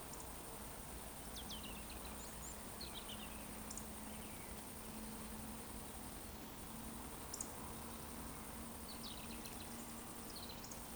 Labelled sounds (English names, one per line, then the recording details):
Eurasian Woodcock whistle
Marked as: whistle, whistle, whistle, whistle
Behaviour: display flight
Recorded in Baden-Württemberg, Germany, on 23 June 2020 at 19:54 UTC
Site 14569, 102 m above sea level